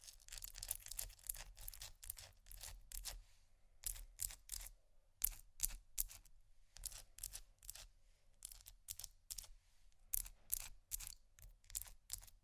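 Quick ice tapping and scratching: dense bursts of crisp, bright clicks packed close together for the first three seconds, then shorter separate clusters every half second or so. A low steady rumble runs underneath throughout, and the sharp taps keep an uneven, rapid rhythm.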